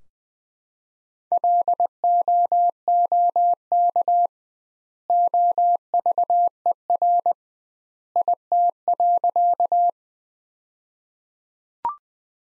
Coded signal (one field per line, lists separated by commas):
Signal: Morse code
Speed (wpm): 21 wpm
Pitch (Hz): 700 Hz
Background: none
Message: LOOK OVER IT.